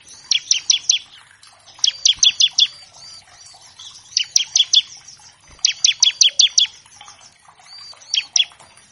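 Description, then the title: Bar-winged Prinia song: fast rattling bursts of four or five high chips, repeated every couple of seconds, with softer birdsong and chatter behind. Master track of an actively singing (gacor) ciblek, used as a lure to train captive birds of all kinds and prompt them to sing quickly. "Masteran Ciblek Gacor Vs Kenari Gacor Untuk Masteran Semua Jenis Burung. Pancingan Ciblek bahan agar cepat bunyi. Burung Ciblek"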